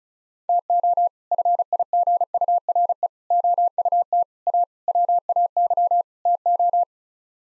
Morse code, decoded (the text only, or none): TO FIGURE OUT A WAY TO